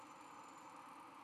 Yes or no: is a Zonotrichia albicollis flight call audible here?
no